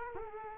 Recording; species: mosquito wingbeat signal from an infrared sensor; Culex quinquefasciatus